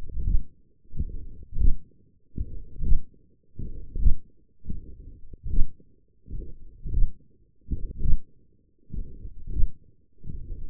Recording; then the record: forearm muscle sounds (acoustic myography)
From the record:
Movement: hand closing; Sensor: system 1, eight BSWA MPA416 microphones around the upper forearm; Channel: 3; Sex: male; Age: 21 years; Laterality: right